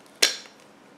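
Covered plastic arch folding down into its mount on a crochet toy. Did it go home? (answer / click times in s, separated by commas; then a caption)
yes / 0.2 s. A yarn-covered plastic arch, cut free of its yarn, is folded down onto a crocheted amigurumi vintage Mexican donkey and snaps into its mount. A single sharp click at 0.2 s decays over about 0.2 seconds, and the arch is seated.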